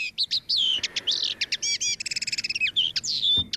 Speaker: zanger te horen is op dit moment, dan is het wel deze, de kneu. Met zijn roze-rode petje en roze-rode borst.